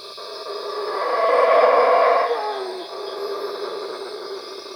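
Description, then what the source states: Howler monkey howling, a deep, hoarse roar that builds to a peak, then tails off into a quieter drone. At Cuevas.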